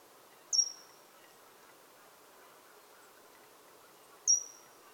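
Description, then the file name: Great tit calls: a single thin, very high, falling whistled note, repeated once nearly four seconds later, with faint background hiss. "Parus major"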